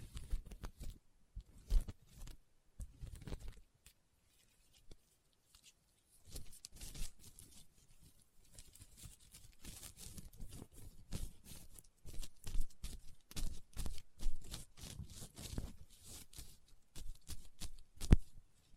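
Fingers tap and scratch on leather in irregular bursts of dry, papery patter. Sparse taps open the first few seconds, then the scratching grows denser and busier from about six seconds on, with brief pauses and a sharp accent near eighteen seconds.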